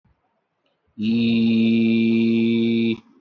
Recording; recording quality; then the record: sustained vowel as in beet; excellent, no background noise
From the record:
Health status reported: healthy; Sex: male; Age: 57 years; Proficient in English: yes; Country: India